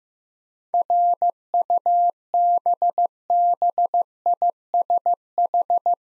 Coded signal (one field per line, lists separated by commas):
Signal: Morse code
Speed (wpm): 15 wpm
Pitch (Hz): 700 Hz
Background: none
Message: RUBBISH